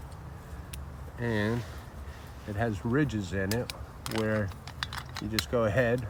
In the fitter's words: but it snaps into place and